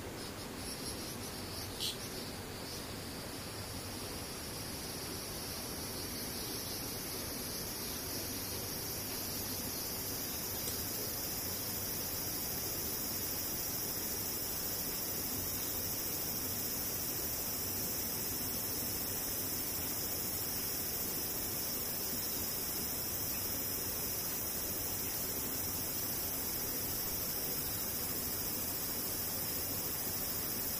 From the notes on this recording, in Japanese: セミ